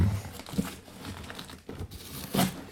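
Paper crinkles and rustles as a package holding a tape is unwrapped, with a few sharper crackling bursts, the loudest near the end, over a steady papery hiss.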